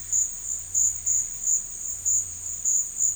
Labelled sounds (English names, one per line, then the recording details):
none
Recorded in dense forest near Puerto Asís, Putumayo, Colombia, on 13 March 2025 at 13:30
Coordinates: 0.484, -76.317
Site G064